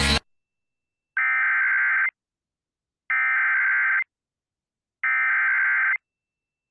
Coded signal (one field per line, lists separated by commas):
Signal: Emergency Alert System (SAME) tones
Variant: header bursts